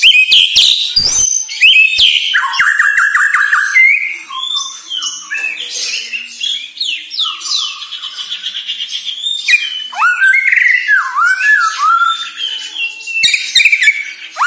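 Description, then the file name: White-rumped shama song: fast clicks and sharp ticks, then buzzy trills and varied slurred whistles. Borneo; lure recording intended to make shamas sing actively. "Sara Pancingan Murai Batu Borneo Agar Gacor Dor"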